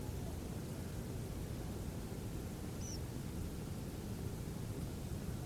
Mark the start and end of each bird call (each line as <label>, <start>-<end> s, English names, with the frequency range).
Tree Pipit (4.9-6.7 kHz), 2.80-2.98 s